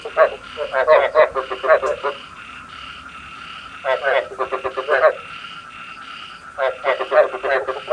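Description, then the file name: Frog croaking in bursts of rapid pulsed harsh notes, with pauses between bouts and a faint steady hum behind. Male frogs calling, used to stimulate frogs to pair for breeding. "tieng ech duc keu kich thich ech ghep cap sinh san"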